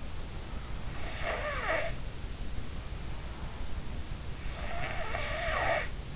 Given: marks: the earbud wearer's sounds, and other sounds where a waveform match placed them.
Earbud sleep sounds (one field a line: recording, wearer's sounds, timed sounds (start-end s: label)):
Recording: sounds in sleep by an in-ear microphone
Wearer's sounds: snoring breath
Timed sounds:
1.04-2.37 s: snoring breath
4.43-6.16 s: snoring breath